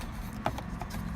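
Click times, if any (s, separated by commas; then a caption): 0.5 s. A wiring harness connector is pushed onto the replacement windshield wiper switch on the steering column of a 2008 Suzuki XL7. A sharp click at 0.5 s marks the connector latching, followed by a few fainter ticks. The connector is fully seated and the switch is good to go.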